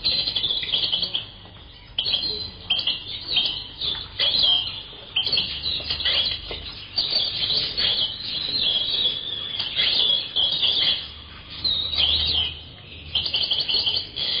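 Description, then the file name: Bird chirps and twitters in a busy, high-pitched stream of quick notes, with short pauses between bursts throughout. "uccelli birds"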